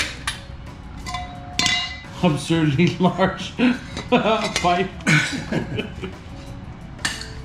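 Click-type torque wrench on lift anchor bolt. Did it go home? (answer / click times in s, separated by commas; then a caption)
yes / 7.1 s. A click-type torque wrench tightens an anchor bolt for a two-post lift while someone talks. The wrench clicks at its set torque at 7.1 s, confirming the bolt is torqued.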